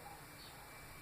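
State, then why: Not seated. A loose dupont-type jumper wire's small plastic connector, which had come off its pin in a relay and multimeter test setup, is being pushed back onto a relay pin. Only a steady, low background hiss is heard, with no distinct hit. Nothing has seated or clicked yet.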